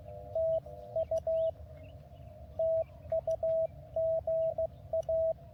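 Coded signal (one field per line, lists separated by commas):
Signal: Morse code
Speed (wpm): 15 wpm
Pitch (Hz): 660 Hz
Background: radio noise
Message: TU TU GA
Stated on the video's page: Morse from a park activation in the Angeles National Forest near Mount Wilson.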